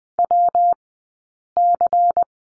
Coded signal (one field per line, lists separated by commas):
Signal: Morse code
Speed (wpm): 20 wpm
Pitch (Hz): 700 Hz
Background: none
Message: WC